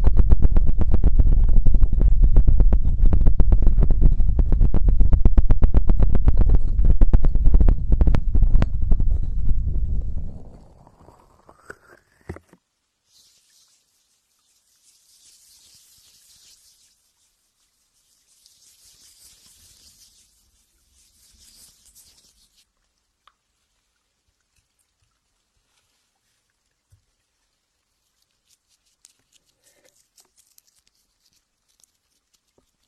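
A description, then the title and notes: Ear picking: for the first ten seconds a loud, dense, low crackling and rumbling with rapid scratchy clicks. It then rises into a brief climbing whine and drops to near silence, broken by faint airy hiss and a few scattered small ticks. Psychedelic ear picking.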